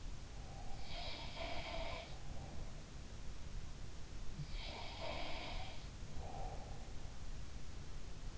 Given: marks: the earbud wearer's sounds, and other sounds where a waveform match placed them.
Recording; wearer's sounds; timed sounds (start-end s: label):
sounds in sleep by an in-ear microphone; breath
0.22-2.70 s: breath
0.67-2.17 s: sound from someone else or the room
4.55-5.85 s: sound from someone else or the room
6.02-7.03 s: breath